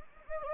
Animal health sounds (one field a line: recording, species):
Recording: mosquito wingbeat signal from an infrared sensor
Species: Anopheles gambiae